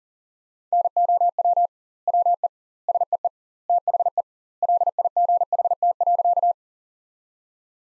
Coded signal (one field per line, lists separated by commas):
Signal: Morse code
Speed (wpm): 40 wpm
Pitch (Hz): 700 Hz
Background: none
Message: NOW WE SEE THE LIGHT.